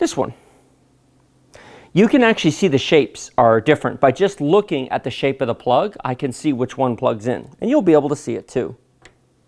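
A keyed plastic cable plug is handled near its matching socket in a PC case while someone talks, with faint taps at about 1.5 and 9.1 seconds. Nothing has seated or clicked yet; the plug is not yet home in the socket.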